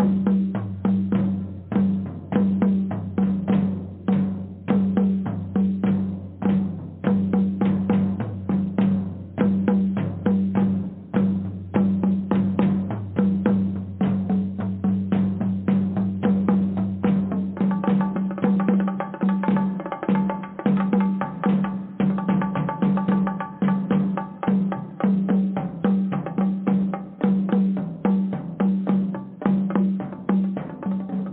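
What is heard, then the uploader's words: Drumming with a fast, steady run of sharp hits packed closely together throughout. A low droning tone sits under the first half, then drops away near eighteen seconds, after which a brighter ringing layer joins the beat. The sound stays dull, with no high sparkle. Drumming: Powerful. Drumming vibrations.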